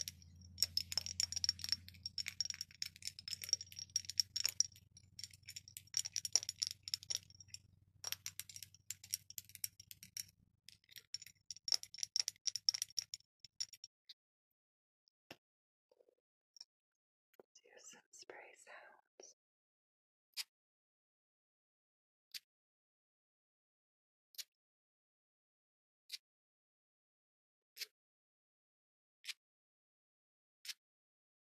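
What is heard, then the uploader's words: Lid sounds: for the first fourteen seconds, dense scraping and rattling with quick clicks over a low rumble that drops out near ten seconds. A brief shuffle follows, then sharp, bright single taps ring out about every two seconds until the end. Lid Sounds.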